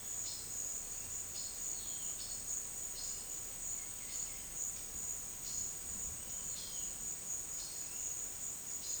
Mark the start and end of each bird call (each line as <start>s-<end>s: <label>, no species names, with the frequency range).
0.22s-0.58s: bird call (2.9-5.6 kHz)
1.28s-2.47s: bird call (2.7-5.8 kHz)
2.90s-3.33s: bird call (3.0-6.1 kHz)
4.02s-4.61s: bird call (1.8-6.0 kHz)
5.41s-5.67s: bird call (2.1-6.3 kHz)
6.46s-7.00s: bird call (2.2-6.9 kHz)
7.54s-8.18s: bird call (2.5-6.6 kHz)